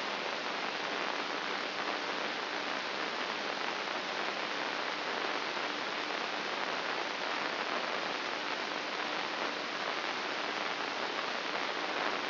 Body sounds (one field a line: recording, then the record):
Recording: brain microelectrode recording played as sound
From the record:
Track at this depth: inside the subthalamic nucleus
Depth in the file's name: 3.42 mm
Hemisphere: left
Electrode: 2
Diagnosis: Parkinson's disease